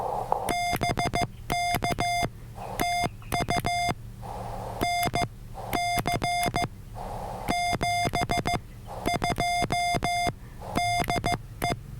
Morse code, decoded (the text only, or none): BK TU NC 72 DE